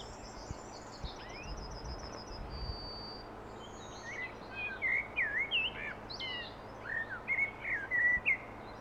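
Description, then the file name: Common blackbird song: after thin high whistles at the start, a run of rich, fluting warbles and twittery flourishes fills the second half. "Turdus merula"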